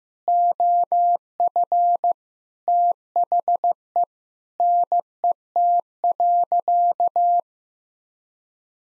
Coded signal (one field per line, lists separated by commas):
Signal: Morse code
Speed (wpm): 15 wpm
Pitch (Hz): 700 Hz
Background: none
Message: OF THE NET.